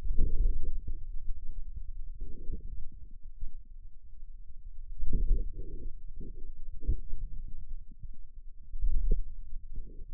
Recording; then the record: forearm muscle sounds (acoustic myography)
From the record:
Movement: inward rotation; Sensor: system 2, bracelet of six BSWA MPA416 microphones around the upper forearm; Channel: 6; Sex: male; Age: 22 years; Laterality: right